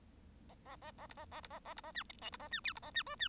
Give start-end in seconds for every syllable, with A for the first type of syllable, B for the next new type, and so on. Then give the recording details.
0.48-0.55 A, 0.65-0.76 A, 0.81-0.91 A, 0.97-1.06 A, 1.09-1.14 B, 1.17-1.25 A, 1.31-1.41 A, 1.43-1.47 B, 1.50-1.59 A, 1.65-1.73 A, 1.76-1.81 B, 1.83-1.92 A, 1.94-2.03 C, 2.21-2.29 D, 2.32-2.37 B, 2.39-2.48 A, 2.51-2.60 C, 2.64-2.73 E, 2.75-2.79 B, 2.82-2.91 A, 2.94-3.03 C, 3.06-3.15 F, 3.19-3.28 C. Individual Bird1